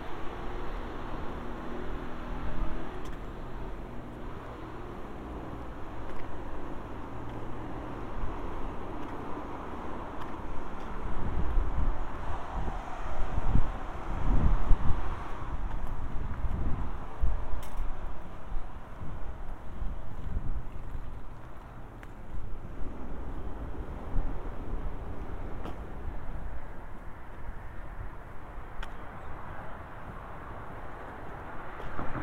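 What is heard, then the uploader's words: A binaural recording of a walk to the Mount Vernon Public Library, full of steady low traffic rumble. A vehicle swells past around 11 to 17 seconds, with wind buffeting the microphone. Occasional small clicks and taps are scattered throughout. A binaural recording of a walk from our house to the Mount Vernon Public Library. It is located in downtown Mount Vernon, across from the Post Office and up the hill from the Mount Vernon East Metro North Station.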